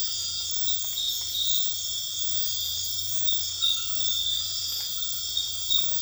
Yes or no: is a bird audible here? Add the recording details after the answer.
no. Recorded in secondary vegetation near Puerto Asís, Putumayo, Colombia, on 28 February 2025 at 23:30. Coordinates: 0.498, -76.327. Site G001